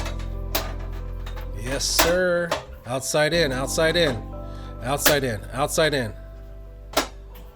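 A side leg of a steel knockdown door frame is pushed into the frame head, working from the outside in, while someone talks over background music. A sharp click at 7.0 s marks the joint snapping together and seating.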